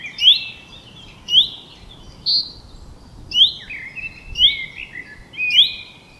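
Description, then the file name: Common chaffinch calls: crisp upward-slurred notes repeated about every second, with lower slurred notes in between and light background noise. "Fringilla coelebs"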